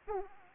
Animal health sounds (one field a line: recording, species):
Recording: mosquito wingbeat signal from an infrared sensor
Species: Aedes aegypti